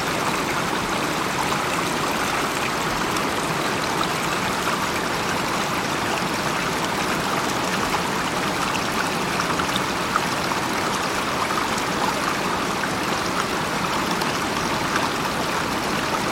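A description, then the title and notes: A gentle stream flows steadily, its dense, even rush of water holding at one level throughout. Faint brighter trickles and splashes flicker through the wash, with a soft low rumble underneath and no other sounds standing out. Listen to the relaxing sound of a gentle flowing stream.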